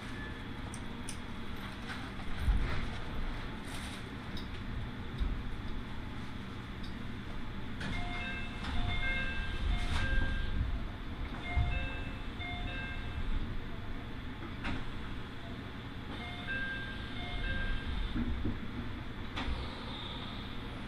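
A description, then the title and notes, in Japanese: A ride on the Iida Line train between Mikawa-Makihara and Shinshiro, with a steady low rumble throughout. Thin whining tones come and go over the rumble, and sharp clicks and knocks from the rails land every few seconds. 耳で楽しむ鉄道旅 飯田線 三河槇原→新城。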